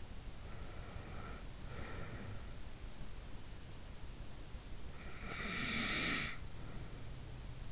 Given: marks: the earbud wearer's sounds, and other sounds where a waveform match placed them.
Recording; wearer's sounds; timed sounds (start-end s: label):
sounds in sleep by an in-ear microphone; breath
0.29-2.67 s: breath
4.50-7.72 s: breath